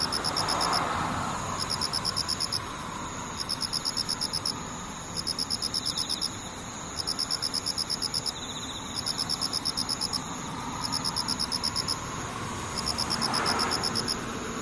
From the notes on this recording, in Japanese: ムシ